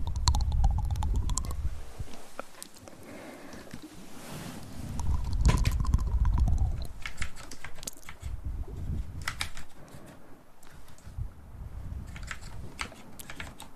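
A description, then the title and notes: Tapping and wet mouth sounds, with quick clicky taps scattered throughout and bunched in bursts around the middle and after eight seconds. Low, soft chewing-like noises swell near the start and around five to six seconds, then thin out. Tap trigger and mouth sounds.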